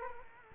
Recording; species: mosquito wingbeat signal from an infrared sensor; Culex quinquefasciatus